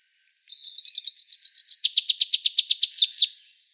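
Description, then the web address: Rufous-capped warbler song: rapid high twittering notes building into a loud run of downslurred notes, stopping suddenly, with a steady high hiss behind. Recorded in Arizona. "Other Warblers AZFO RCWA 1 deviche 070206"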